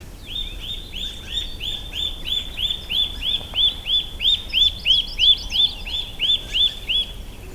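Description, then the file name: Eurasian nuthatch calls: a fast series of clear, rising-falling whistled notes, about three per second, over steady low background noise. "Sitta europaea"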